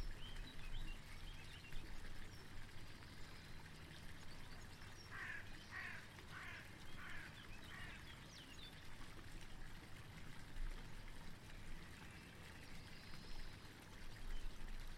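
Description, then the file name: Bird calls, a short burst of several sharp repeated notes in the middle, over a steady low rush and trickle of running water. Birds recorded together with water sounds. "Vogel und Wasser"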